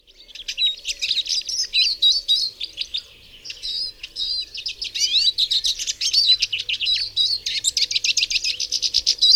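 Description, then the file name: Eurasian siskin song: a fast, continuous twittering of high chirps, buzzy notes and rapid trills, running almost without pause. "czyz"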